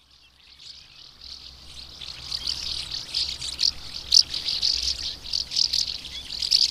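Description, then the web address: Common house martin calls build from near silence into quick, high, scratchy chirps that grow louder and busier toward the end. "agykontroll Madardalok Cd 2. Molnárfecske"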